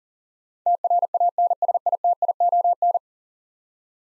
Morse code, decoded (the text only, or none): TRANSITION